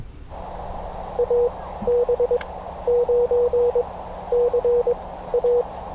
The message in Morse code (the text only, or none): AB9CA